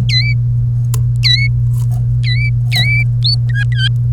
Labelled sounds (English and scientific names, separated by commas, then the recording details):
Domestic Canary (Serinus canaria) song
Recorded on 1 May 2018 at 16:14
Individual llb3